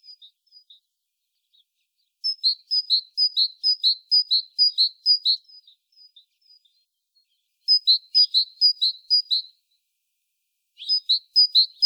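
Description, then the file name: Great tit singing a see-sawing two-note phrase, repeated rapidly in three bursts with quiet gaps, the last burst starting near the end. "Parus major"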